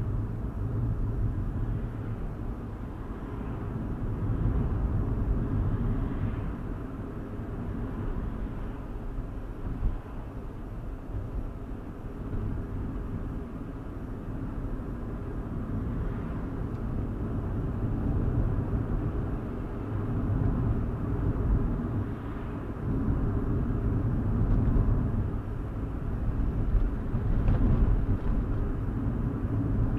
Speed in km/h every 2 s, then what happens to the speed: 44, 47, 50, 52, 52, 50, 48, 50, 55, 60, 60, 58, 58, 58, 58.
0-3 speeds up to 50. 3-14 steady at about 50. 14-18 speeds up to 60. 18-30 steady at about 58.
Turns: none.